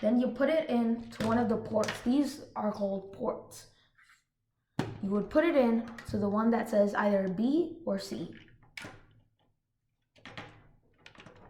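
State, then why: Not seated. Someone talks while pushing the plastic plug of an EV3 robot cable into a motor port (B or C) on the programmable brick, with a few soft knocks near the end. The plug has not clicked into place yet and is not seated.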